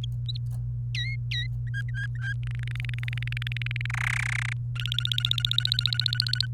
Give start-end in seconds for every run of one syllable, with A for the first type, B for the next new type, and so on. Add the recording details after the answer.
0.95-1.46 A, 1.67-2.33 B, 2.43-3.86 C, 3.90-4.53 D, 4.76-6.46 E. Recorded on 28 April 2018 at 17:50. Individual llb3